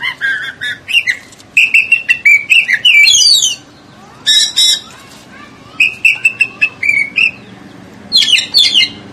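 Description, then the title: Oriental magpie-robin song: clusters of sweet whistles and scratchy trills in quick bursts, broken by short pauses. "Kacer"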